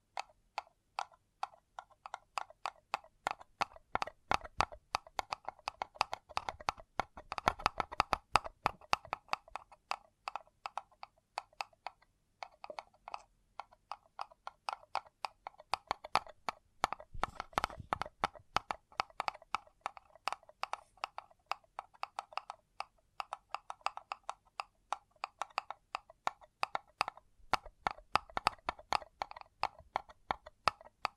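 Fingers tap and scratch on a paper cup in a steady stream of sharp, crisp clicks, several per second, with bright crackling across the range. The tapping thickens into dense rustling bursts around 7–9 seconds, again near 17–18 seconds, and briefly near 28 seconds.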